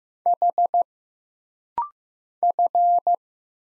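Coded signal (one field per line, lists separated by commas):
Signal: Morse code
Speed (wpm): 15 wpm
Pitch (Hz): 700 Hz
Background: none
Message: H F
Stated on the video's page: Rapid-fire Morse practice at 15 wpm: single letters, numbers, punctuation and prosigns, each sent twice for instant character recognition drill.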